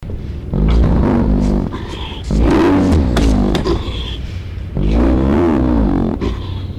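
Hyena cub calling in three rough, wavering bursts over a continuous low rumbling background.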